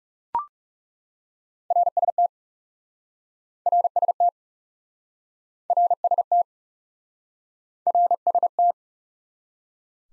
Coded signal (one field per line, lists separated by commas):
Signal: Morse code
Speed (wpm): 40 wpm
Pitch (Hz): 700 Hz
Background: none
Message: RST RST RST RST